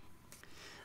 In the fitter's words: it rings out and then you can hear it clicking the